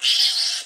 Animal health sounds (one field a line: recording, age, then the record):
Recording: pig call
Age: piglet (1 to 25 days)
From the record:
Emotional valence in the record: negative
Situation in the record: restrain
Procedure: in the arms of a person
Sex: male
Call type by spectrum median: high-frequency call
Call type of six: high-frequency modulated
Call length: 0.66 s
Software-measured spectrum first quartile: 3294 Hz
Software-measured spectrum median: 4234 Hz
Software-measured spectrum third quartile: 5054 Hz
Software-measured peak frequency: 3037 Hz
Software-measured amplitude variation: 112 dB a second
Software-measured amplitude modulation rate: 17.5 a second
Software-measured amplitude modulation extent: 6.4 dB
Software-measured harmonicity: 2.2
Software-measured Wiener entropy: -2.47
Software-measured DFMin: 1231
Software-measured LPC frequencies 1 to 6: 1084, 1850, 3126, 4370, 4946, 7759 Hz